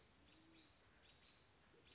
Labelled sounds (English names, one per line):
Band-tailed Pigeon